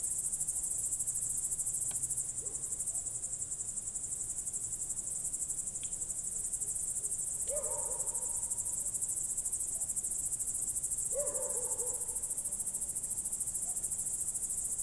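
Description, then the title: Crickets produce a dense, steady high trill from start to end, with two lower falling calls in the second half and faint clicks. Night crickets outside a window, Goworów, Poland, late on the night of 18 July 2022, World Listening Day; recorded with Zoom F4 and AT BP4025. "Goworów 6, 57-515, Poland - World Listening Day/Night 18/07/2022-night crickets"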